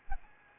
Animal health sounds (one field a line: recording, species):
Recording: mosquito wingbeat signal from an infrared sensor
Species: Aedes albopictus